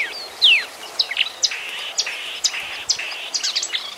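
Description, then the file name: Marsh warbler song of separate high notes: a loud falling whistle, then short chirps alternating with buzzy steady tones. "kamyshovka bolotnaja"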